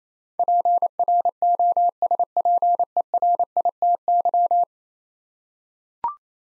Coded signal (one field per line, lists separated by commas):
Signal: Morse code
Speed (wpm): 27 wpm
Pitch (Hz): 700 Hz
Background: none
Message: PROSPERITY